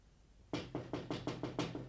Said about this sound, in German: Es klopft ans Fenster.